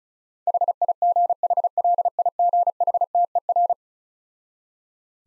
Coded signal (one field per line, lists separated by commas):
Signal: Morse code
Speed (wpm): 36 wpm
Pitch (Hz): 700 Hz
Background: none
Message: HIGHLIGHTER